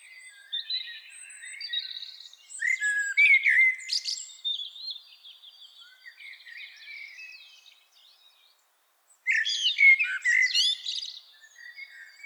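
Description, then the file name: Common blackbird delivering a fluted, wandering phrase, a short near-silent pause, then another loud warbled phrase starts. "Turdus merula"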